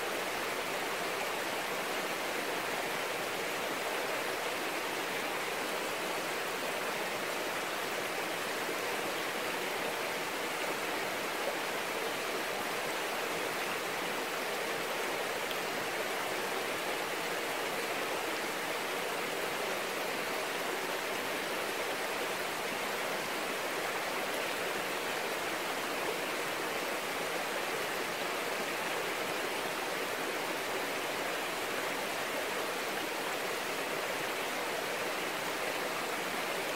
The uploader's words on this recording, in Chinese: ASMR下雨聲。